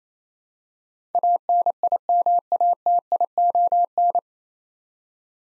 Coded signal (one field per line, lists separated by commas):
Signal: Morse code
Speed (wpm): 28 wpm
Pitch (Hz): 700 Hz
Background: none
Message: ANIMATION